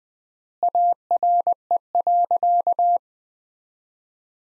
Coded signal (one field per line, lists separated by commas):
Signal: Morse code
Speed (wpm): 20 wpm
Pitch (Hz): 700 Hz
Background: none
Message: ARE.